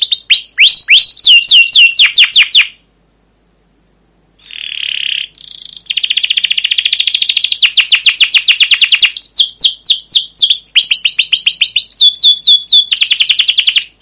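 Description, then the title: Canary song of fast downslurred trills, a short silence and a buzzy burst, then long rolling trills and whistled phrases resuming strongly. Canary song used as a lure and master recording for teaching young canaries; long, continuous 'cuit cuit' chirping, described as emotional. "CUIT CUIT NGEROL LANGSUNG GACOR PANJANG Kenari Ini AMPUH Utk Pancingan KENAR"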